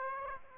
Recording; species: mosquito wingbeat signal from an infrared sensor; Aedes aegypti